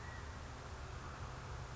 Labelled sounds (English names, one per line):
California Quail